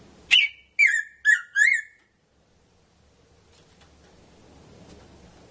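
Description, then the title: Red-throated parrotfinch sounding four quick descending whistles in a row, then quiet until a single note at the end. "Erythrura Psittacea"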